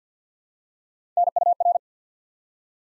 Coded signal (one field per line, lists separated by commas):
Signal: Morse code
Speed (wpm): 48 wpm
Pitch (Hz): 700 Hz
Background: none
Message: NUR